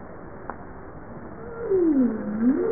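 Bowhead whale moan, a low tonal call dipping downward then sweeping back up, with a faint click beforehand.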